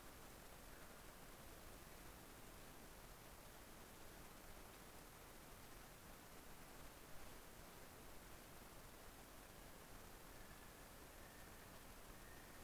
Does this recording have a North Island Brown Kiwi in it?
yes